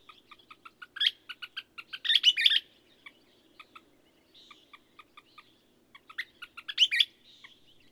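Bird song with evenly spaced short chipping notes between brief, louder twittering flourishes, the pattern repeating twice throughout, with a faint low hum underneath.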